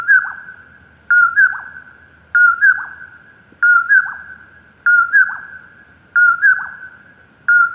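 Common poorwill giving its whistled poor-will phrase, each ending in a brief downslurred note, repeated steadily about every 1.25 seconds, five full phrases between partial ones at the start and end.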